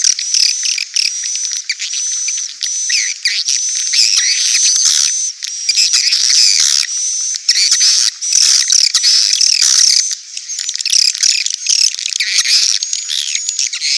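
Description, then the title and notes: Swiftlets twitter and squeak in dense overlapping bursts with rattling clicks, irregular pauses between flurries, a high whistle faint beneath. Swiftlet sound used for swiftlet farming in Asia. "Swiflet Bird Sound. Farming Swiflet Bird asia sound"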